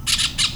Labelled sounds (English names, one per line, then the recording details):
Brown-throated Parakeet contact call
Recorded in Venezuela
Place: Cerro Saroche, Hato Dalmatela, Edo. Lara
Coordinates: 10.149, -69.534